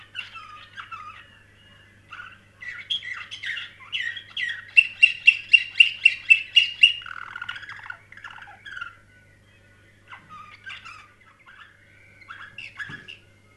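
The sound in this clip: Canary song in varied warbled phrases, building to a fast, loud, evenly repeated trill midway, then softer twittering notes separated by brief pauses.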